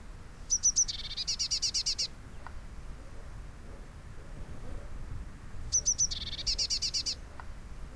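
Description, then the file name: Eurasian blue tit call given twice, each a few thin high notes followed by a rapid buzzy, scolding series of pulses, with a low rumbling background. "Cyanistes caeruleus"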